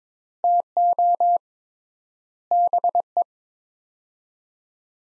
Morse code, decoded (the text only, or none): TO BE